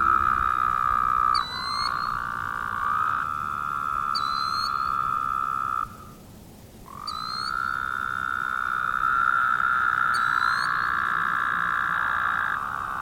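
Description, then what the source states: Woodhouse's toads calling in a chorus, long droning nasal buzzes overlapping with brief pauses, while short high hooked chirps repeat about every three seconds above them. Several toads calling.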